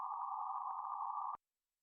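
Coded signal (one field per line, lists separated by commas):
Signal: PSK31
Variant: BPSK31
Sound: steady warbling tone near 1 kHz for about 1.4 seconds, then sudden silence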